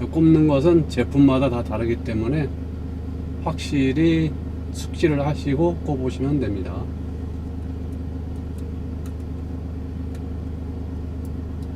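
A microSD memory card is handled at the card slot of a Cowon dashcam, with its contacts facing outward, ready to be pushed in. Someone talks over a steady low rumble until about 6.8 s, and the rumble continues to the end. Nothing has seated or clicked yet.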